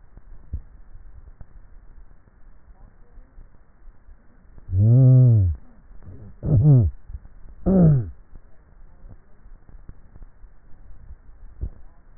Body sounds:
swallowing sounds by neck microphone; 2
0.47-1.13 s: swallow
10.87-11.60 s: swallow
From the record:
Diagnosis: dysphagia

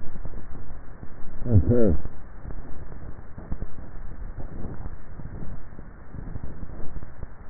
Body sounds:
swallowing sounds by neck microphone; 1
4.55-5.68 s: swallow
From the record:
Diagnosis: dysphagia

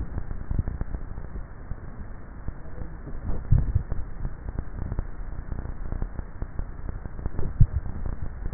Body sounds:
swallowing sounds by neck microphone; 2
3.42-4.08 s: swallow
7.53-8.15 s: swallow
From the record:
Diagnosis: dysphagia

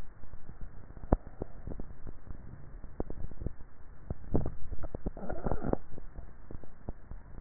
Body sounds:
swallowing sounds by neck microphone; 1
3.88-5.58 s: swallow
From the record:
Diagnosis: dysphagia

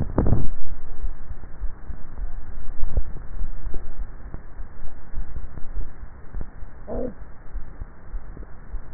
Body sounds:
swallowing sounds by neck microphone; 2
2.72-3.92 s: swallow
5.08-5.98 s: swallow
From the record:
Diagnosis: dysphagia

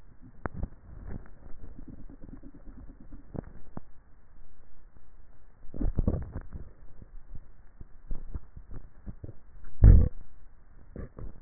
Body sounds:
swallowing sounds by neck microphone; 2
5.82-7.02 s: swallow
8.22-9.13 s: swallow
From the record:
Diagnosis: dysphagia

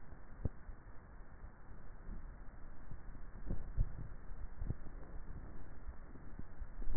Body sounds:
swallowing sounds by neck microphone; 1
3.68-4.78 s: swallow
From the record:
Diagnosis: dysphagia

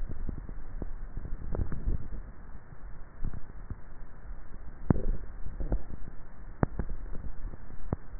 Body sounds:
swallowing sounds by neck microphone; 2
4.82-5.72 s: swallow
6.72-7.45 s: swallow
From the record:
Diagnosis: dysphagia

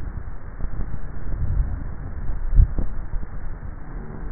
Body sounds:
swallowing sounds by neck microphone; 1
2.35-3.15 s: swallow
From the record:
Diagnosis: dysphagia

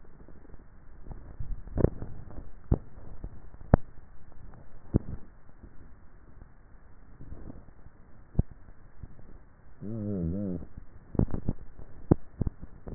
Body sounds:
swallowing sounds by neck microphone; 2
2.12-2.95 s: swallow
11.08-11.78 s: swallow
From the record:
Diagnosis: dysphagia

